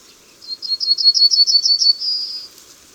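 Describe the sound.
Yellowhammer song: roughly ten clipped high notes in quick succession, closing on a long steady drawn-out note.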